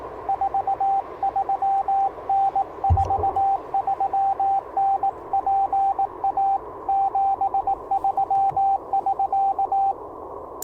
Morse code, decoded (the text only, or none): 43N 43N PA 73 <SK>